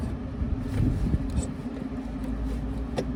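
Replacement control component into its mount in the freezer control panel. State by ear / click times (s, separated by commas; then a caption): not seated / none. A technician handles an upgraded replacement control component at its mount in a walk-in freezer control panel. A steady low hum runs under soft, faint handling noises. The clip ends before the part goes home, so nothing has seated or clicked yet.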